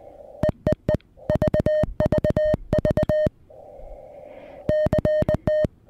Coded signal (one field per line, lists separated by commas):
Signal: Morse code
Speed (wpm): 20 wpm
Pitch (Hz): 610 Hz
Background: music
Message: EEE VVV CT